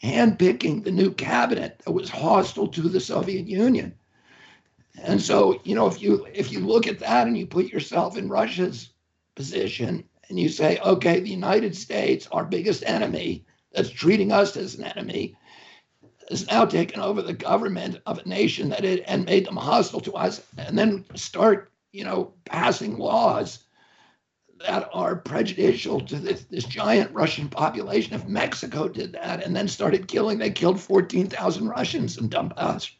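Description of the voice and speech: An adult man being interviewed speaks fluently in a strained, tight, rough voice with choppy, breaking phonation and creaky, breathy stretches. The strangled, effortful quality is due to spasmodic dysphonia, a focal dystonia in which involuntary spasms of the vocal folds disrupt the voice.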